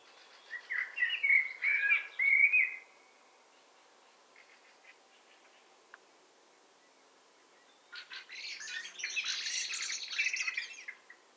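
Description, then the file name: Eurasian blackbird delivering a mellow, fluting phrase, a quiet pause, then a long, high, scratchy, twittering passage of squeaky notes. "Turdus merula"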